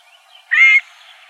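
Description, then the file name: Scaled quail uttering one short nasal, harsh note, flat and even, with faint background hiss. Arizona, 16 June 2002. "SCALED QUAIL 3 deviche"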